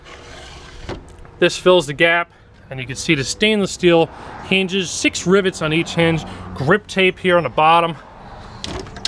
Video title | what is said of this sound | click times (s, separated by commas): Walk Through 2016 Airstream Flying Cloud 28A Twin Bed Travel Trailer | snaps in place | 0.9 s